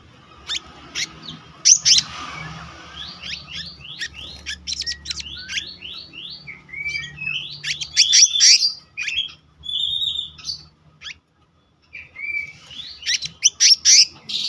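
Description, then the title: Selendang biru songbird singing hurried bursts of sharp high notes and slurred whistles, with short silences between phrases and a faint low hum. Singing in the continuous rolling style called gacor ngeroll, with isian (fill-in phrases). "BURUNG SELENDANG BIRU GACOR NGEROLL ISIAN"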